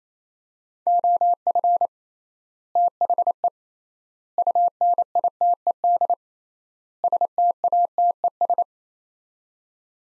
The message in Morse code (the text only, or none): OF THE UNITED STATES